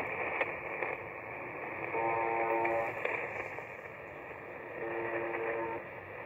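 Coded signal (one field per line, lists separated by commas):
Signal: channel marker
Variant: UVB-76 (The Buzzer)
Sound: two short low harsh buzzes, about a second each, over steady shortwave hiss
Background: radio static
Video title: UVB-76 The Buzzer 4625 KHz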